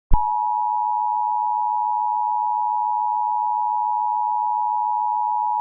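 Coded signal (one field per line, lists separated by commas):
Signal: Emergency Alert System (SAME) tones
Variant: 853 and 960 Hz attention tone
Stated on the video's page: Reenacted mock EAS tornado warning with valid EAS tones.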